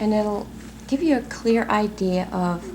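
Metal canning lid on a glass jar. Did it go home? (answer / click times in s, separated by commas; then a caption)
no / none. Metal two-piece canning lids sit on glass jars of spaghetti sauce just out of the canner, waiting to pop down as the vacuum seals them. Someone talks throughout, and no distinct pop stands out. Nothing has sealed or clicked yet in this clip.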